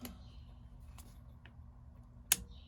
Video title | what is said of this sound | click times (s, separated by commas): Installing Injectors in the Bayliner 4588 | there's the click. | 2.3 s